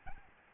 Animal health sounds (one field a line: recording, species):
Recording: mosquito wingbeat signal from an infrared sensor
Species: Aedes albopictus